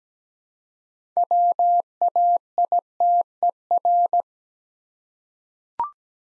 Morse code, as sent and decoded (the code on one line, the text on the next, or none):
.-- .- .. - . .-.
WAITER